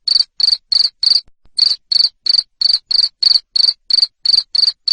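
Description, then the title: Cricket's loud, high chirps, regularly spaced about three per second, with one short pause after the first four. Loud 'ngerik' cricket sound played to stimulate lovebirds to keep singing ('ngekek'). "Suara JANGKRIK NGERIK Keras Bikin LOVEBIRD Jadi NGEKEK Terus Vubey"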